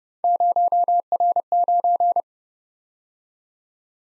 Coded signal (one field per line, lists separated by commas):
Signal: Morse code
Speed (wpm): 29 wpm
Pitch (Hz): 700 Hz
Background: none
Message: 0R9